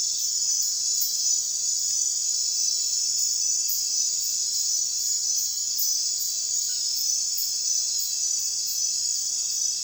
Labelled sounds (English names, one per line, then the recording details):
none
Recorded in secondary vegetation near Puerto Asís, Putumayo, Colombia, on 30 June 2025 at 03:00
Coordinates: 0.498, -76.327
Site GP09